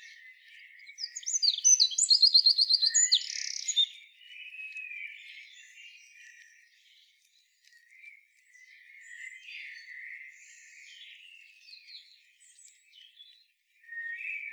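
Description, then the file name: Eurasian wren gives a brief, piercing trilled song of about three seconds, followed by a long stretch of soft, scattered chirps. "Troglodytes troglodytes"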